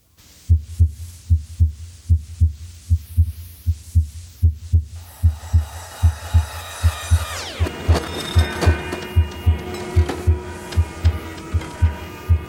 Normal S1 and S2 at base of heart. Basic heart sounds, are produced by a normally functioning heart. S2 are generated by closure of the heart's valves and the vibrations associated with closure and changes in blood flow. S1 is associated with the beginning of ventricular systole, and S2 marks the end of ventricular systole.